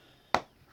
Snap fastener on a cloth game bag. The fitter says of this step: you hear that snap that means it's done it's over with